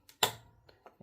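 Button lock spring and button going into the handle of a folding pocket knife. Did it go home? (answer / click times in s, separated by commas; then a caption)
yes / 0.2 s. While reassembling a Purvis Blades Primordial MK4 titanium folding pocket knife, the button-lock spring is seated in its pocket and the button and spring are pressed together into the handle. A sharp, bright click at 0.2 s stands out above a few faint small ticks around it. The button-lock spring snaps into place and the parts are seated.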